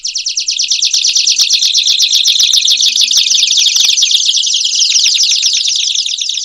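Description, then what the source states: Canaries singing, dense overlapping rapid trills and rolling high notes forming a continuous bright chorus with no pauses. Two canaries, played on the radio.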